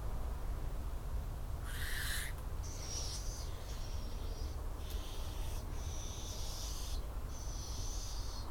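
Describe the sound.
Barn owl making a loud rasping burst followed by a run of longer, thinner hissing screeches with short gaps, over a low rumbling background.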